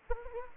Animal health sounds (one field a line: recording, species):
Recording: mosquito wingbeat signal from an infrared sensor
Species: Anopheles gambiae